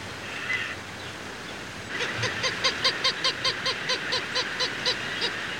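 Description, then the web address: Greater roadrunner call: a rapid, evenly spaced series of many short harmonic notes, following a brief fainter sound, over steady background noise. Roadrunner calling with a mockingbird and a lark sparrow audible in the background. "bird roadrunner calls mocking bird and lark sparrow in bg"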